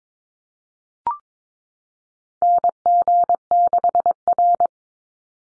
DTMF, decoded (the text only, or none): none